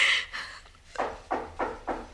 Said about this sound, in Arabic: روحي اطردي اللي بيخبط على الباب، اطرديه يا آب.